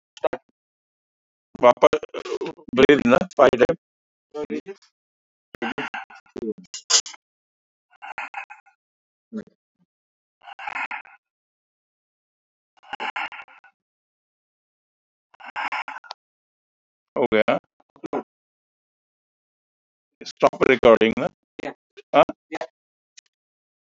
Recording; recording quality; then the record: deep breathing; moderate, slight background noise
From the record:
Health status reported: respiratory illness, not identified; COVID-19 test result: negative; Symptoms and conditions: cough, chronic lung disease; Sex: male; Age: 68 years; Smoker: not ticked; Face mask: not worn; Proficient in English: yes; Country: India